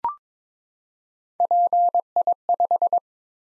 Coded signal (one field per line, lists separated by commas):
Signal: Morse code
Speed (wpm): 22 wpm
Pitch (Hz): 700 Hz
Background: none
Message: PI5